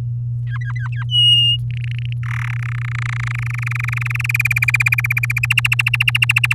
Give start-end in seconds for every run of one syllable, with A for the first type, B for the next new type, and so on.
0.00-0.01 A, 0.46-1.04 B, 1.09-1.57 C, 1.71-2.13 D, 2.23-2.54 E, 2.56-4.26 F, 4.29-5.46 G, 5.50-6.54 A